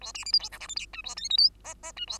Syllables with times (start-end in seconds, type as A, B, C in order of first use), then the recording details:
0.01-0.12 A, 0.14-0.25 B, 0.25-0.32 C, 0.33-0.39 D, 0.39-0.49 E, 0.52-0.59 F, 0.60-0.68 G, 0.68-0.75 H, 0.76-0.86 I, 0.93-1.02 J, 1.04-1.15 A, 1.16-1.29 K, 1.30-1.37 L, 1.37-1.50 M, 1.64-1.74 N, 1.83-1.92 N, 1.96-2.06 J, 2.07-2.19 A. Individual Bird2